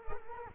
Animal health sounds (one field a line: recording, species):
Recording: mosquito wingbeat signal from an infrared sensor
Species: Culex quinquefasciatus